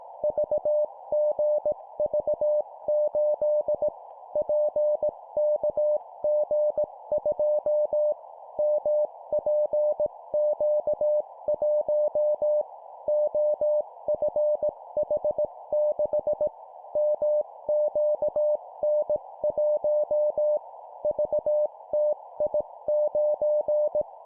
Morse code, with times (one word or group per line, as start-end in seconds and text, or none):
0.2-3.9 VGV8
4.4-8.1 PKG2
8.6-12.6 MPQ1
13.1-16.5 OFH6
17.0-20.6 MQN1
21.0-24.0 VTI9